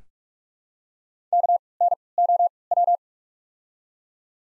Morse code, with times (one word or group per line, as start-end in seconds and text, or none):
1.3-1.6 K
1.8-1.9 N
2.2-2.5 O
2.7-3.0 W